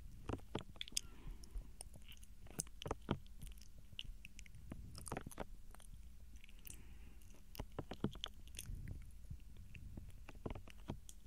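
Soft mouth sounds and gentle touching: a continuous stream of small wet clicks and taps, irregular and fairly dense throughout. Sharper crisp ticks stand out around the one-, three-, five- and nine-second marks over a low, muffled rustle.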